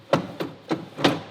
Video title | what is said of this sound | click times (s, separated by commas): DIY Guide: Replacing the Pad & Pad Driver on a floorcare.biz x20B Auto Scrubber | it's locked into place | 1.1 s